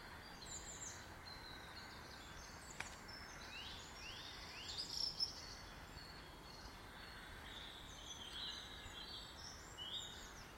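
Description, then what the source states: Bird calls, faint thin high chirps scattered throughout, a single sharp click near three seconds, over steady background hiss. In a garden.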